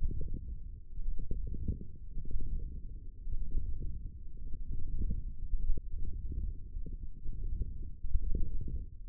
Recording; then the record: forearm muscle sounds (acoustic myography)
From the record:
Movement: wrist flexion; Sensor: system 1, eight BSWA MPA416 microphones around the upper forearm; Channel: 3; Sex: male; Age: 21 years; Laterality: right